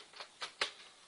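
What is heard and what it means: Plastic screen bezel front clips are pressed back into the display housing by fingers working around the top of the bezel. Two softer broadband ticks at about 0.2 s and 0.4 s lead to a sharp snap at 0.6 s as a clip seats, followed by a faint trailing rustle. No one talks.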